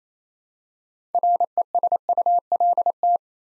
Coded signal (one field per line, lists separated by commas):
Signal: Morse code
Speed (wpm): 27 wpm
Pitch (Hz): 700 Hz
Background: none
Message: RESULT